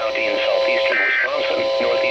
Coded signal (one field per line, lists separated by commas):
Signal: Emergency Alert System (SAME) tones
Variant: end-of-message bursts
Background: speech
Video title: Missed EAS AND EAS #54